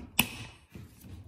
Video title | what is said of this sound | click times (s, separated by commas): Best Shopping Carts for Groceries 2022 on Amazon USA | now that we've got it through we can go ahead and insert the other wheel until you hear it quick | 0.2 s